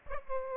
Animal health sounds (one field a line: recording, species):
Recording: mosquito wingbeat signal from an infrared sensor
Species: Aedes aegypti